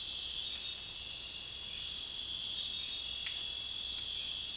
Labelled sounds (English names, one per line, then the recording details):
none
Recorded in dense forest near Puerto Asís, Putumayo, Colombia, on 26 December 2024 at 02:00
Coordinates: 0.484, -76.325
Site G056